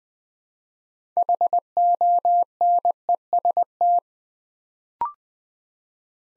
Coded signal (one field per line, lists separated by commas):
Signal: Morse code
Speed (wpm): 20 wpm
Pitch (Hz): 700 Hz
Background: none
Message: HONEST